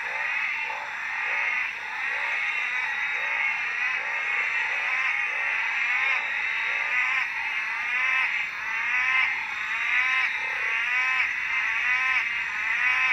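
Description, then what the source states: Tree frogs calling in a dense chorus, overlapping pulsed, warbling notes repeated about once a second, with a steady high hiss behind. Recorded on Black Mountain at night, 9:53 pm, 13 November 2013.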